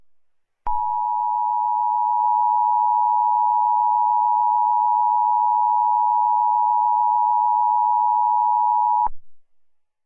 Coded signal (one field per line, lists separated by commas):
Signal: Emergency Alert System (SAME) tones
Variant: 853 and 960 Hz attention tone